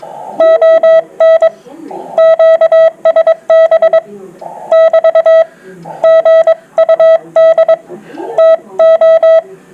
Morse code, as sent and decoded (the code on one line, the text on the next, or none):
--- -. / --.- ... -... / -...- / --. ..- -.. / - ---
ON QSB <BT> GUD TO